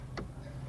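The left side of a plastic cassette door on a vintage Lloyds boombox is popped into its hinge mount on the tape deck. A single sharp click at 0.2 s sounds over a steady low hum, and the door side is seated in place.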